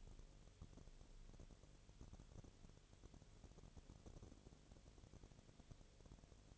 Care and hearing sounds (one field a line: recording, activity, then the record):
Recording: daily activity, microphone in the room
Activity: no activity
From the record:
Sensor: 4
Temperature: 22.4 degrees Celsius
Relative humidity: 31.1%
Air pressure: 1004.1 hPa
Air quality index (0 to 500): 85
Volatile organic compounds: 1 ppm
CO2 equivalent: 765 ppm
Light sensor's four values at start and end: 2/3/1/1 and 2/3/1/1